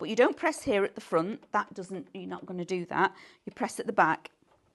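A corner rounder attachment is being fitted into a paper trimmer base: it has been slid in to meet two V guides and is about to be pressed down at the back. The clip is mostly someone talking, with no sharp transient sounds. Nothing has seated or clicked yet.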